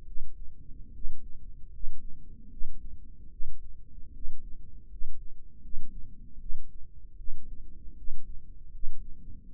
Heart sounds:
heart sounds by microphone in the right ear; 76 bpm
0.05 s: heartbeat
0.92 s: heartbeat
1.71 s: heartbeat
2.50 s: heartbeat
3.30 s: heartbeat
4.13 s: heartbeat
4.89 s: heartbeat
5.61 s: heartbeat
6.39 s: heartbeat
7.17 s: heartbeat
7.96 s: heartbeat
8.71 s: heartbeat
9.51 s: heartbeat
From the record:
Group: healthy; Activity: rest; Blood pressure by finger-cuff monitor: 102/63 mmHg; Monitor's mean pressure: 73 mmHg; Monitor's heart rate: 78 bpm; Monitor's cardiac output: 6.3 L/min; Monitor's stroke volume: 84 mL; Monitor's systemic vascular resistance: 830 dyn s/cm5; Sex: female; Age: 22 years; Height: 163 cm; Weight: 67.1 kg

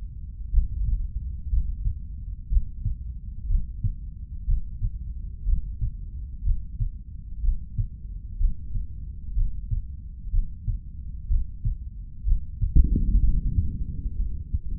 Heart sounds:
heart sounds by stethoscope; 61 bpm
0.51 s: heartbeat
1.50 s: heartbeat
2.49 s: heartbeat
3.47 s: heartbeat
4.46 s: heartbeat
5.45 s: heartbeat
6.43 s: heartbeat
7.41 s: heartbeat
8.38 s: heartbeat
9.34 s: heartbeat
10.31 s: heartbeat
11.28 s: heartbeat
12.24 s: heartbeat
13.21 s: heartbeat
14.17 s: heartbeat
From the record:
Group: healthy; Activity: breath hold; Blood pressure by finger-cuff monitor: 124/87 mmHg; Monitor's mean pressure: 99 mmHg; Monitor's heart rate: 61 bpm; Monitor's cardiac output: 3 L/min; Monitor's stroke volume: 49 mL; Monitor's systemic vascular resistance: 2430 dyn s/cm5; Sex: male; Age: 55 years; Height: 167 cm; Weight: 57.2 kg

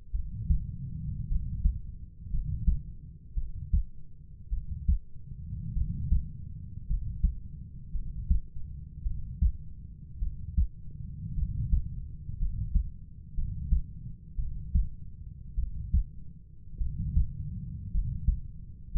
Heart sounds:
heart sounds by stethoscope; 54 bpm
0.12 s: heartbeat
1.28 s: heartbeat
2.31 s: heartbeat
3.35 s: heartbeat
4.50 s: heartbeat
5.74 s: heartbeat
6.87 s: heartbeat
7.92 s: heartbeat
9.03 s: heartbeat
10.19 s: heartbeat
11.35 s: heartbeat
12.39 s: heartbeat
13.35 s: heartbeat
14.36 s: heartbeat
15.55 s: heartbeat
16.78 s: heartbeat
17.91 s: heartbeat
18.92 s: heartbeat
From the record:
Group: healthy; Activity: rest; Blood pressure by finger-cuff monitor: 107/52 mmHg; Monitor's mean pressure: 66 mmHg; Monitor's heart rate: 53 bpm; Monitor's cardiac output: 5.1 L/min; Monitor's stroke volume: 91 mL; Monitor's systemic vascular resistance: 920 dyn s/cm5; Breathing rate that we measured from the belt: 11 breaths a minute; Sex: male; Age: 25 years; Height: 170 cm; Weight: 70.4 kg

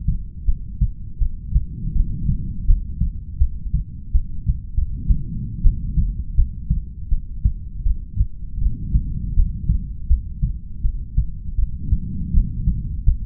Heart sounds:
heart sounds by stethoscope; 81 bpm
0.47 s: heartbeat
1.21 s: heartbeat
1.95 s: heartbeat
2.68 s: heartbeat
3.40 s: heartbeat
4.14 s: heartbeat
4.76 s: heartbeat
5.64 s: heartbeat
6.37 s: heartbeat
7.11 s: heartbeat
7.85 s: heartbeat
8.60 s: heartbeat
9.37 s: heartbeat
10.09 s: heartbeat
10.83 s: heartbeat
11.57 s: heartbeat
12.33 s: heartbeat
13.06 s: heartbeat
From the record:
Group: heart failure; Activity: rest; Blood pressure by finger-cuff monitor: 105/58 mmHg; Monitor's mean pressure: 75 mmHg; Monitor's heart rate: 82 bpm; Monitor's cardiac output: 8.9 L/min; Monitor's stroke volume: 109 mL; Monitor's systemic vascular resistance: 610 dyn s/cm5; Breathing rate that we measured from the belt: 18 breaths a minute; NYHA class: 1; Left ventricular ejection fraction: 39%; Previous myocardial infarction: absent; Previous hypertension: present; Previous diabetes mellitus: absent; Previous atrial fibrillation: absent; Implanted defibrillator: absent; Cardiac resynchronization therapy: absent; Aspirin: absent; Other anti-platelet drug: absent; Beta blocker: carvedilol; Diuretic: furosemide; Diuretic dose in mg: 20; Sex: male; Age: 60 years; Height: 178 cm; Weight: 62 kg

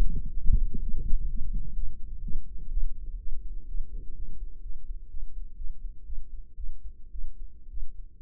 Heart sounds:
heart sounds by microphone in the right ear; 122 bpm
0.34 s: heartbeat
0.82 s: heartbeat
1.29 s: heartbeat
1.76 s: heartbeat
2.23 s: heartbeat
2.71 s: heartbeat
3.19 s: heartbeat
3.68 s: heartbeat
4.16 s: heartbeat
4.63 s: heartbeat
5.10 s: heartbeat
5.57 s: heartbeat
6.06 s: heartbeat
6.57 s: heartbeat
7.12 s: heartbeat
7.70 s: heartbeat
From the record:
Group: healthy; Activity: rest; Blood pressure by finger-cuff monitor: 108/72 mmHg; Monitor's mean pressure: 83 mmHg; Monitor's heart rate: 126 bpm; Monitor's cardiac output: 9.5 L/min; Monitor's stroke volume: 75 mL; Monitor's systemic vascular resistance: 630 dyn s/cm5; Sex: female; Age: 19 years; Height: 163 cm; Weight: 48.9 kg

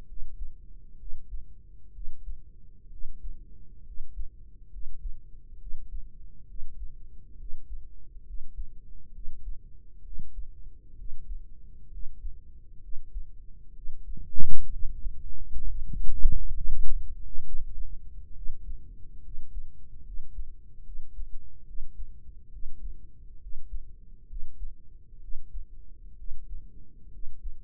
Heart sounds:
heart sounds by microphone in the right ear; 67 bpm
0.03 s: heartbeat
0.95 s: heartbeat
1.90 s: heartbeat
2.87 s: heartbeat
3.81 s: heartbeat
4.67 s: heartbeat
5.56 s: heartbeat
6.44 s: heartbeat
7.34 s: heartbeat
8.22 s: heartbeat
9.09 s: heartbeat
10.00 s: heartbeat
10.93 s: heartbeat
11.87 s: heartbeat
12.78 s: heartbeat
13.71 s: heartbeat
14.67 s: heartbeat
15.62 s: heartbeat
16.51 s: heartbeat
17.40 s: heartbeat
18.31 s: heartbeat
19.19 s: heartbeat
20.01 s: heartbeat
20.81 s: heartbeat
21.62 s: heartbeat
22.48 s: heartbeat
23.37 s: heartbeat
24.24 s: heartbeat
25.18 s: heartbeat
26.13 s: heartbeat
27.08 s: heartbeat
From the record:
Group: healthy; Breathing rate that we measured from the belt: 15 breaths a minute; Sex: female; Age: 23 years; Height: 160 cm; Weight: 50.4 kg

